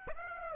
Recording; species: mosquito wingbeat signal from an infrared sensor; Aedes aegypti